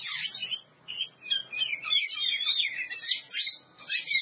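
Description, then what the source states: Oriental magpie-robin: songbird giving a dense warble of high chirps and whistles, with faint low background rumble. Champion songbird.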